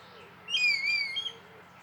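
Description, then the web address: Red kite giving a short whistled call, slightly wavering and falling in pitch, under a second long, over a low steady hum. "Red kite. صدای-پرنده-کورکور-حنایی"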